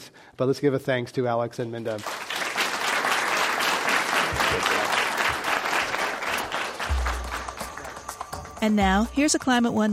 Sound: applause

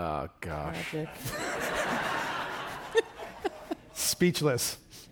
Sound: laughter

